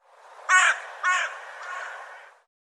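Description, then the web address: Bird calling with two harsh, raspy caws in quick succession, then a softer, drawn-out third note fading away. "cianscape birddata Deverinetal 2025 File cleaned normalized Bird"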